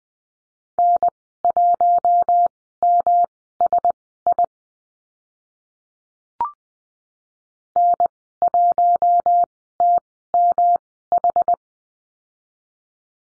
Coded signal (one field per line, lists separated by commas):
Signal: Morse code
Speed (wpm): 20 wpm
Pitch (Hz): 700 Hz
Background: none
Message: N1MSI N1TMH